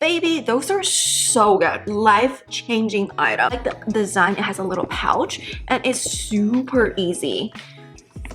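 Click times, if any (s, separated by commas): 8.2 s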